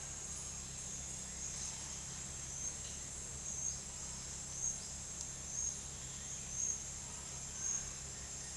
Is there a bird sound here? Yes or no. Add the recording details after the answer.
no. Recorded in secondary vegetation near Puerto Asís, Putumayo, Colombia, on 22 June 2025 at 10:30. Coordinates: 0.498, -76.327. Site GP09